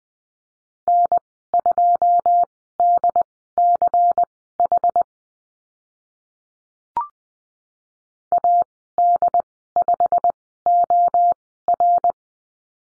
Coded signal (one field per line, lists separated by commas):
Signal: Morse code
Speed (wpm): 20 wpm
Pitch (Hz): 700 Hz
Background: none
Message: N2DCH AD5OR